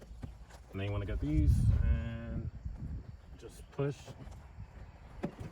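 Someone talks while the plastic trim retaining clips of a license plate trim molding on a 2009-2014 Nissan Maxima are being pushed into the holes in the trunk lid, with a few faint taps and handling noises between the words. Nothing has seated or clicked yet.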